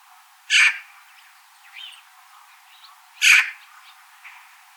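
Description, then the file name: Eurasian magpie giving two harsh, rasping calls, with faint softer sounds in between. "Pica pica"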